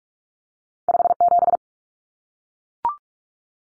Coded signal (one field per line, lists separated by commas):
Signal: Morse code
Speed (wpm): 44 wpm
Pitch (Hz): 700 Hz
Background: none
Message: 57